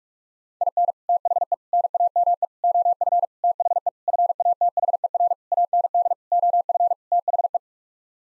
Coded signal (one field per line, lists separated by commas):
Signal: Morse code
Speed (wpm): 41 wpm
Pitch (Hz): 700 Hz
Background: none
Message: IN THE NAME OF THE FATHER AND OF THE